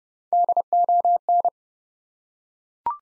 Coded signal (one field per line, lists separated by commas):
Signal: Morse code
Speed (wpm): 30 wpm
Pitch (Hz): 700 Hz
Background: none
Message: DON